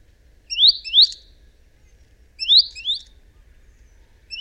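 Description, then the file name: Great tit song, a rising two-note phrase sung twice with a pause between, the start of a third at the end. "Parus major"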